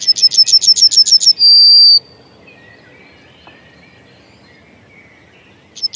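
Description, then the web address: Yellowhammer song: a quick run of about eight identical notes ending in a long flat note, then quiet with faint calls and a new phrase beginning. "Kurs PTTK Kurs materiały Przyroda Ptaki Trznadal"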